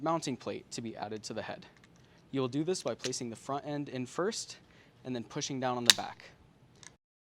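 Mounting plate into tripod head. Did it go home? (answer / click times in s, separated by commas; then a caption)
yes / 6.9 s. A mounting plate is set into a tripod head front end first, then its back is pushed down while someone talks. A single sharp click at 6.9 s marks the plate snapping and locking into place in the tripod head.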